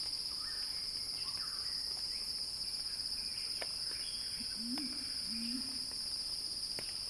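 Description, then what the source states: Cicadas keep up an unbroken high whine; brief clicks and a pair of low rising calls come partway through, with soft chirps behind. Cicada chorus described as a crescendo; recorded by Axel Drioli for earth.fm.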